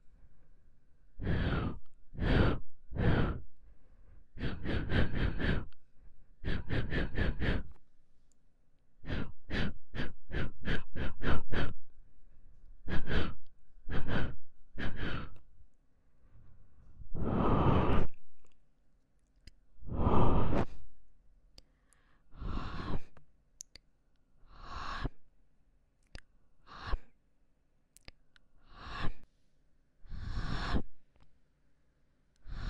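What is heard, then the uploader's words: Mouth sounds: a string of short breathy bursts and rapid clusters of crisp clicks, like tongue pops, repeated in groups through the clip. Around the middle and later come longer sigh-like exhales, with brief quiet gaps between the sounds. 戳戳你的眼睛 | 口腔音×視覺觸發 | MouthSounds | Visual Triggers | NO Talking.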